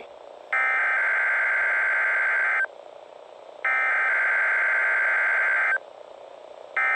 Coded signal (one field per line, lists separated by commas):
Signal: Emergency Alert System (SAME) tones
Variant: header bursts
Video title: EAS #7 RWT WXL 57 Des Moines